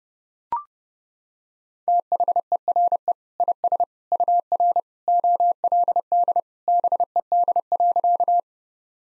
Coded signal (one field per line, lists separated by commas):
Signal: Morse code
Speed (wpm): 31 wpm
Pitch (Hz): 700 Hz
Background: none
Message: THERE IS UR OLD BED.